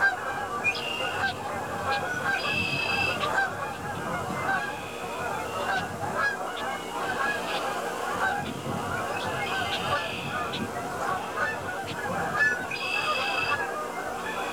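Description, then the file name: Goose flock honking continuously, a dense overlapping chorus of nasal calls with louder, clearer honks rising above it at intervals. A flock of geese. "Animal Flock of Geese"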